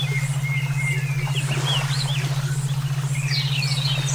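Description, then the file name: Songbird song, a run of bright warbled and rising whistled notes, with a continuous pulsing low tone underneath. Brainwave therapy mix for training songbirds (omkicau). "terapi brainwave omkicau"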